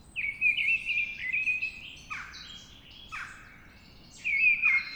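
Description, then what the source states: Mistle Thrush song: a few loud fluted phrases, each a level warble that drops at the end, with scratchy notes between. Singing at dawn.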